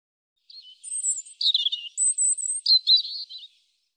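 European robin song, high drawn-out whistles alternating with lower warbled twittering phrases.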